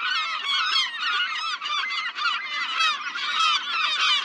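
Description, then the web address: Gulls clamoring together, a continuous tangle of hoarse, nasal squawks with brief dips between bursts. "seagulls"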